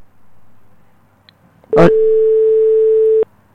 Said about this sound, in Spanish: Bueno, quiere, pero está ahí comunicando.